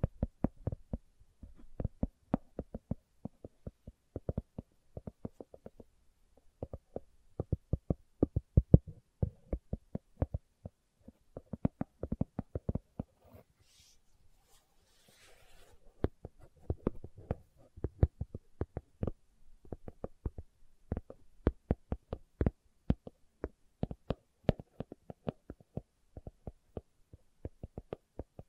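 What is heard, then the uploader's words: Slow tapping goes on for nearly the whole recording: sharp knocks arriving in uneven clusters, some soft and some firmer. Around the middle the taps briefly stop, and a faint rustle or scrape fills the gap before the tapping resumes. ASMR Slow Tapping for Deep Sleep (No Talking).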